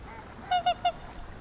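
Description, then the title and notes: Whooper swan calls, three short bugling honks in quick succession, rich in harmonics, over a quiet background. Five or six Whooper swans singing on the Peene river at Zemitz, Mecklenburg-Vorpommern, Germany; recorded with a TASCAM DR10-MKII. "Zemitz, Mecklenburg-Vorpommern, Deutschland - Singschwäne sind da. Whooper Swan are there. 5 or 6 Whooper swans singing on Peene river"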